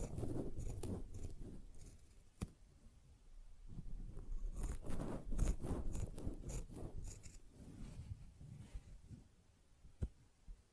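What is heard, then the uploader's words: A sponge is worked: bursts of soft scratching, squishing and cutting strokes, dense from the start, easing near two seconds, then busiest from about four to seven seconds. Sharp isolated clicks land near two and ten seconds. Sponge Sounds - Scratching, Squishing, Brushing, Cutting.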